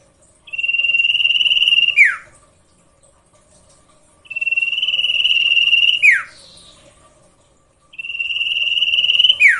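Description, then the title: Sirtu song: a high, steady buzzy trill lasting about a second and a half, ending in a sharp downward whistled slur, repeated three times about every four seconds. Training song for cage birds, full song variation. "Masteran Sirtu Full Variasi"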